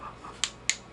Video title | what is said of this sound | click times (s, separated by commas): BMX VMS Turbo pump replacement 9 | 了解意思，这个就过头了哦，就是扭力到了，对你已经到了，因为它力道已经到了，对。 | 0.4 s, 0.7 s